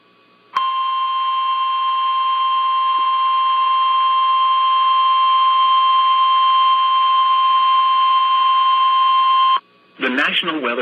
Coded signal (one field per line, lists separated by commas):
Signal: Emergency Alert System (SAME) tones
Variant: 1050 Hz attention tone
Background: speech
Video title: EAS #69 - Severe Thunderstorm Warning